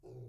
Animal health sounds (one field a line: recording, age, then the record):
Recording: pig call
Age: weaner (32 to 43 days)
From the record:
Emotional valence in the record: negative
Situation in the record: restrain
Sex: male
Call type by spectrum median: low-frequency call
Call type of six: low-frequency stable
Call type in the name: low-frequency stable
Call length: 0.28 s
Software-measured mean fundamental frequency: 61 Hz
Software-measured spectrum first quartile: 120 Hz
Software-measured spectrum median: 228 Hz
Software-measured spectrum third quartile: 421 Hz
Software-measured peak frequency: 379 Hz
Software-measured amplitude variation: 85 dB a second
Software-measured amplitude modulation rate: 17.6 a second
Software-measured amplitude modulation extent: 4.8 dB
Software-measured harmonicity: -2.1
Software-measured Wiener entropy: 0.72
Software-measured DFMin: 1344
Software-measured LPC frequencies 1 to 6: 356, 2528, 4512, 4876, 5775, 6737 Hz